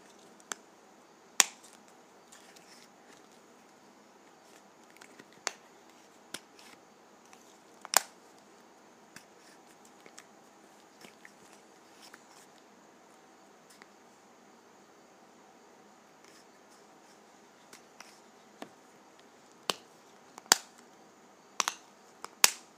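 A lip gloss container is handled, giving sharp, bright clicks and snaps scattered irregularly over a quiet, steady hiss. The loudest clicks come near the start, around eight seconds, and in a busier cluster in the last few seconds, with faint small taps between.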